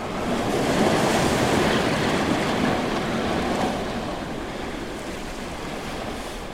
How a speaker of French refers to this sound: J'ai longtemps cru ne pouvoir aimer que les lames atlantiques et les écumes de l'océan vert et blanc, leur fracas sous le phare de Biarritz, à la pointe Saint-Martin.